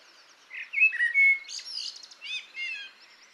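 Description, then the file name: Eurasian blackbird song: mellow fluted warbles, then a scratchy high twittering flourish and further warbled notes. "Turdus merula"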